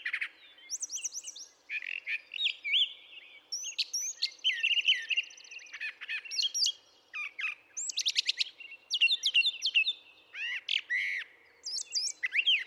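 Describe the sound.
Brown thrasher singing a long medley of varied phrases, whistled slurs, harsh notes and quick trills, many repeated in pairs, with hardly a pause.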